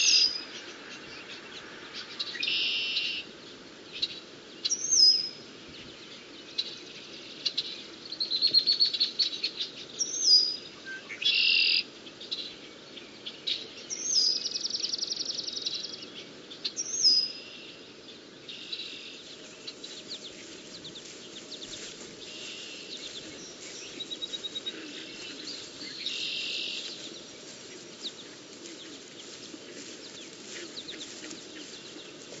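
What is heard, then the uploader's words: Blackbirds and frogs call across a marsh, with bright, buzzy bird notes and trills bursting out every few seconds during the first twenty seconds, then thinning to softer chatter. Beneath them runs a steady low hum, with a dense, murmuring chorus in the middle range. A nice, relaxing soundscape of blackbirds and frogs in the marsh at the bottom of my neighborhood. Frogs And Blackbirds.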